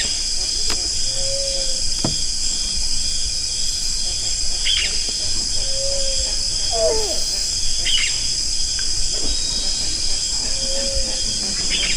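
Zigzag heron hooting call: a low, short, mellow hoot repeated roughly every five seconds beneath a loud, steady, high insect chorus, with scattered other bird notes.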